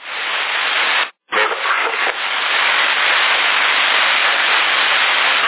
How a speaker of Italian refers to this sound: Con quella portante lo sento, guarda, un fruscio leggero leggero, si sente lì già.